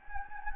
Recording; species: mosquito wingbeat signal from an infrared sensor; Anopheles gambiae